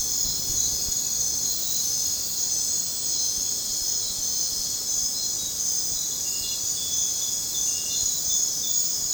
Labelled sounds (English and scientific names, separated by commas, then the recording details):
none
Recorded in dense forest near Puerto Asís, Putumayo, Colombia, on 21 December 2024 at 22:00
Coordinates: 0.466, -76.327
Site G075